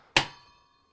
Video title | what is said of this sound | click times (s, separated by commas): Fractal Terra ITX Case Review | clicked in place | 0.2 s